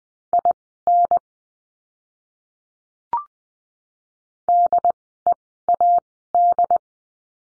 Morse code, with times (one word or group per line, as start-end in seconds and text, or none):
0.3-1.2 IN
4.5-6.8 DEAD